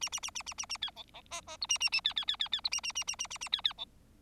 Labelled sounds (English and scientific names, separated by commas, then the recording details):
Bengalese Finch (Lonchura striata domestica) song
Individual Bird4